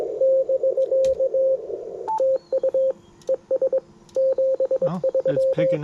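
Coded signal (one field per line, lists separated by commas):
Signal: Morse code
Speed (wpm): 22 wpm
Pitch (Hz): 530 Hz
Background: speech, radio noise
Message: <BK> TU ES 73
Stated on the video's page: POTA activation with Yaesu FT-710, CW on 30m and 20m, after poor band conditions.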